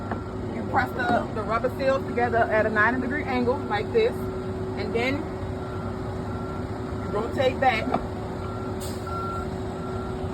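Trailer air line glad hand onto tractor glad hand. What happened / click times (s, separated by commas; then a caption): Air-line coupling handled and turned with no seating click / none. A driver presses the rubber seals of a trailer air-line glad hand and a tractor glad hand together at a 90° angle before rotating them back to lock. Someone talks over a steady hum with a tonal whine, and the glad hands have not yet locked or clicked.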